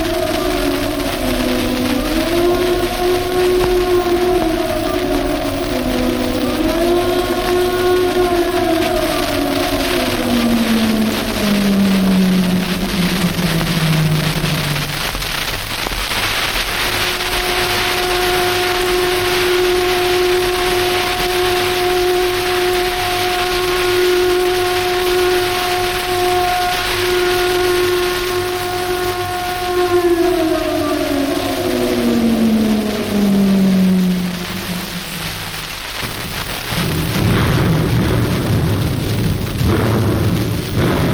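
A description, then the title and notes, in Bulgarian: An air-raid siren wails, rising and falling in slow cycles, then holds a long steady tone before sliding down and dying away around thirty-five seconds. A deep rumble follows near the end, all over a constant hiss. Грохот и вой на сирени при бомбардировките над София. Записът е направен от баща му, а записващата апаратура е била на покрива на Съдебната палата.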